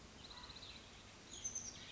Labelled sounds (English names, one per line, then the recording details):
Oak Titmouse
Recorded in Sonoma County, California